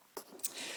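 On a Webley Eclipse MKII .22 carbine air rifle, the cocking lever is returned over the transfer port after cocking. A softer knock sounds at 0.2 s, then a sharp, short click at 0.4 s as the lever seats into place in the action. A steady hiss follows.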